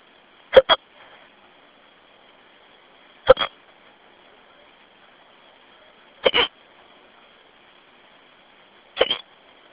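An adult's hiccups: four sharp, double-clicked hiccups, about 21 a minute and fairly regular, over a quiet phone line on a phone message.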